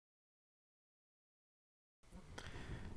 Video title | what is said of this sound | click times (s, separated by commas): 2008 Ford F250 Diesel 6.4L Turbocharged oil change | and then we get to the 32 lbs you hear your click and you know all is good | 2.4 s